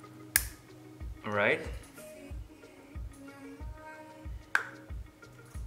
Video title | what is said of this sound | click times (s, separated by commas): Pt 1. Karearea KEA freestyle FPV frame build. | of the motor mount until you will hear the click. | 0.4 s